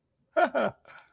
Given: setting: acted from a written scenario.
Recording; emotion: vocal sound without words; positive surprise